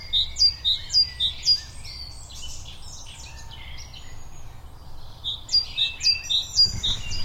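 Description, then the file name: Great tit song: high two-note phrases repeated about four times, a pause, then the series again; other birds sing faintly, with a low background rumble. "Great tit Everdon Stubbs"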